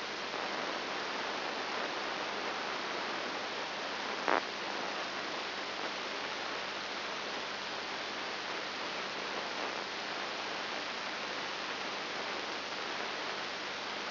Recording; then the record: brain microelectrode recording played as sound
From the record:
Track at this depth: inside the subthalamic nucleus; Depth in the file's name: 3.702 mm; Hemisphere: left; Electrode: 3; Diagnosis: Parkinson's disease